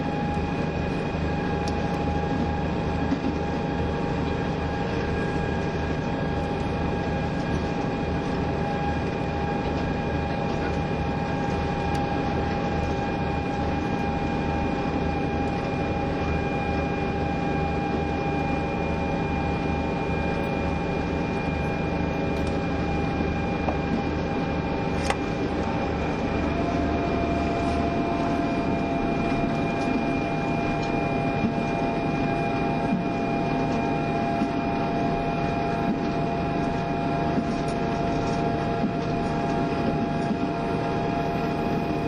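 Running sound of a KiHa 72 diesel railcar, the Yufuin no Mori, travelling from Yufuin toward Ukiha. A steady, dense engine drone and rumble continue throughout with fixed humming tones, while the deepest throb eases slightly after about 30 seconds. Faint clicks and knocks occasionally surface.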